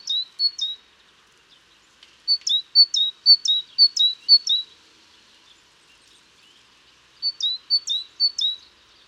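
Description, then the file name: Great tit song: bursts of rhythmic two-note 'tea-cher' phrases, high then lower, repeated about twice a second, with quiet gaps between bursts. "Parus major"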